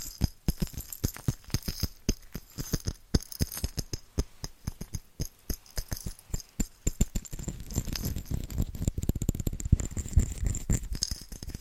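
Fast, rhythmic tapping on Christmas presents, crisp clicks in quick bursts, turning denser with a low rumbling scrape after eight seconds.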